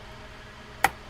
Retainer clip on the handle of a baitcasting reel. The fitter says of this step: There we go. So now we're snapped back in with this.